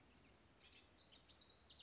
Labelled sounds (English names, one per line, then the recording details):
House Wren
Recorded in Sonoma County, California